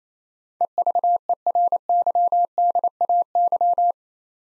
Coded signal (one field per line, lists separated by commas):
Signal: Morse code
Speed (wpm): 28 wpm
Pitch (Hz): 700 Hz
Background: none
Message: EVERYDAY